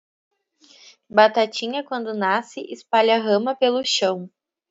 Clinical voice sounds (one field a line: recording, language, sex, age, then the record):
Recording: short text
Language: Brazilian Portuguese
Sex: female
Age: 20 to 29 years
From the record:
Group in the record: control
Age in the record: 26 years